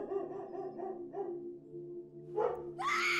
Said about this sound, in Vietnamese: Đầu đó, tiếng chó sủa rang như báo hiệu một kẻ bất lương ác độc đã về bên kia thế giới.